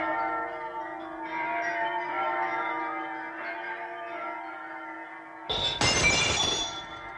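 Church bells ring to proclaim Easter, a steady, overlapping drone of bright, sustained tones for several seconds, then a sudden loud crash, like shattering glass, breaks in near the end.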